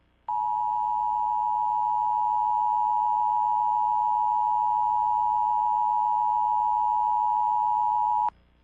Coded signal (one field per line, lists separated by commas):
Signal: Emergency Alert System (SAME) tones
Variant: 853 and 960 Hz attention tone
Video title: EAS Scenario: Ice Ice Deadly. (Plz Read Description before watching!)